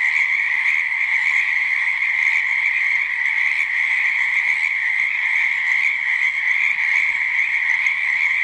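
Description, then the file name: Many frogs croaking at once, forming a thick, even wall of trilled calls that never breaks. Many frogs calling in a swamp. "Boloto mnogo lyagushek"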